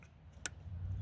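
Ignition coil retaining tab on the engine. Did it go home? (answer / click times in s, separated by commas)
released / 0.5 s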